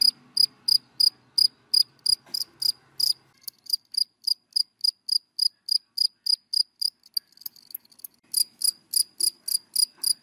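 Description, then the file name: Cricket chirping rapidly, the pulses softer midway and then loud again at the end. Crickets calling, given by the Vietnamese names dế mèn, dế cơm and dế than. "Tieng de men de com de than keu"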